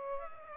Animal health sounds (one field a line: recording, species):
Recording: mosquito wingbeat signal from an infrared sensor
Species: Aedes aegypti